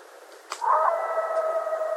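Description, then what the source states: Coyote howl: a brief sharp sound, then a long steady howl with a clear overtone, held to the end. Several coyotes, recorded 21 January 2012.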